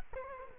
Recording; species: mosquito wingbeat signal from an infrared sensor; Culex quinquefasciatus